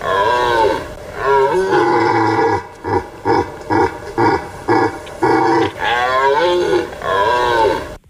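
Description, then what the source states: Red deer roaring: deep, drawn-out bellows rising and falling, broken midway by a run of short, regular grunting roars, then long bellows again. Rutting roars, played back as a radio quiz sound.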